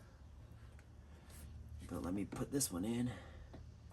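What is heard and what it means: A trim clip is handled against the fiberglass panel of a 1971 Chevelle, after another clip tried to pop back out, while someone talks from about 1.8 to 3.1 seconds. Only faint ticks are heard near 0.8 and 3.5 seconds, and nothing has seated or clicked yet.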